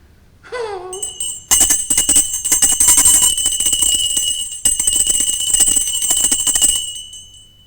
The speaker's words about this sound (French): Ils n'entendent point et ma sonnette ne fait pas assez de bruit.